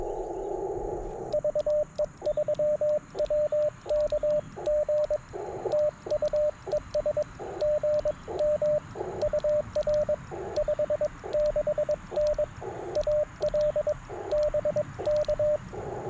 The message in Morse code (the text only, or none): VE3WKG TU ES GM UR 56N AL BK